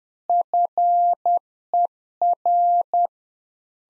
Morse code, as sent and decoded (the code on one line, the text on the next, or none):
..-. . .-.
FER